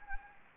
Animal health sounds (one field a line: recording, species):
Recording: mosquito wingbeat signal from an infrared sensor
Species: Anopheles gambiae